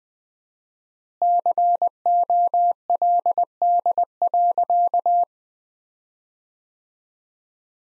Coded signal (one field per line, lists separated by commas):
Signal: Morse code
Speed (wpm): 19 wpm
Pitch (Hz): 700 Hz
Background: none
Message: COLD.